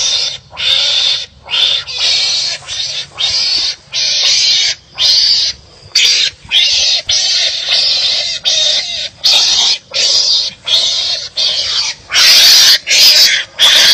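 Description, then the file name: Mongoose calling with a long series of noisy, grating bursts in an uneven rhythm, somewhat faster than one per second. "tieng cay mangut keu"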